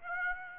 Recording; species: mosquito wingbeat signal from an infrared sensor; Aedes aegypti